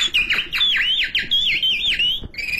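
A caged bird sings a bright, high whistling song of rapid, repeated swooping notes, clear and loud, ending in a short sustained whistle, with no voices.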